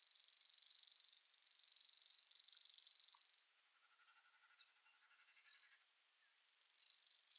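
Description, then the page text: Common grasshopper warbler song, a continuous high mechanical reel for about three seconds, then a quiet gap with a soft bird note, before the reel starts again. "Голос птицы - Обыкновенный сверчок"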